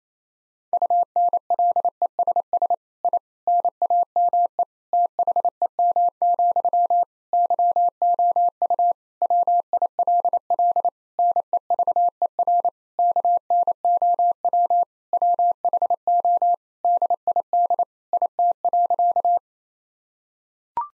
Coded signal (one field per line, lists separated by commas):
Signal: Morse code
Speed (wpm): 28 wpm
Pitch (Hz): 700 Hz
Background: none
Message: UNLESS I NAME THEM, YOU WILL NEVER KNOW WHO DID IT.